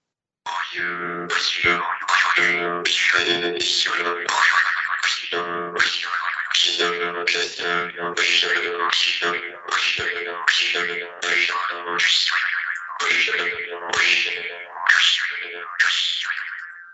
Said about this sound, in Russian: Поэтому я хочу буквально 30 секунд, а может меньше, посвятить, чтобы мы сейчас с вами закрыли глаза, сонастроились, и чтобы весь наш сегодняшний эфир прошел на ура. Пусть это будет такое небольшое музыкальное вступление.